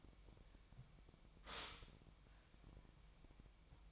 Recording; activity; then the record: daily activity, microphone in the room; stop toaster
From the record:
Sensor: 1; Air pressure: 1002.0 hPa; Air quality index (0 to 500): 239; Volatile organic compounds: 44 ppm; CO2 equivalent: 3211 ppm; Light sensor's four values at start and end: 10/35/12/14 and 10/35/12/14